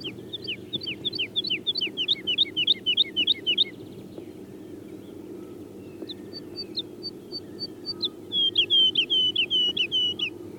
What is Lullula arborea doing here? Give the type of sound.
song